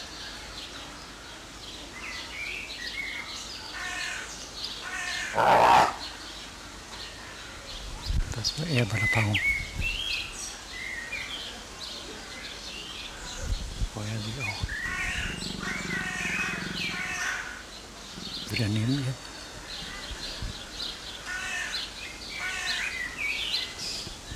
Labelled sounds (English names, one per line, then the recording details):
Jaguar call
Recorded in captivity
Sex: pair
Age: adult
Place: Zoo Berlin, Berlin, DE
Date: 2004-06-07 15:12
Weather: partly sunny, 25°C
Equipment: Sony WM-D6C, Sennheiser ME 80, Kopie Uher 4000 Report Monitor
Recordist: Tembrock, Günter
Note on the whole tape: Paar: Kontakt - Kopula und Laute dabei. Zuerst Laute vom Weibchen